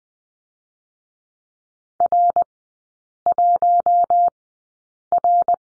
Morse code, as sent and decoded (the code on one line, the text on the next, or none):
.-. .---- .-.
R1R